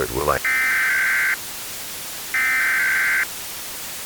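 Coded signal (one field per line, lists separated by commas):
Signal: Emergency Alert System (SAME) tones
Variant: header bursts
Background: speech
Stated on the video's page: Fictional EAS scenario of a tornado.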